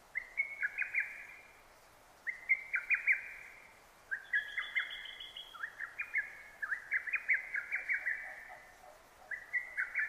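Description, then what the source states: Lesser cuckoo song: loud staccato phrases of several sharp notes, somewhat descending, given every one to two seconds, crowding together in the middle. Recorded 6 June 2009.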